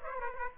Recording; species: mosquito wingbeat signal from an infrared sensor; Aedes aegypti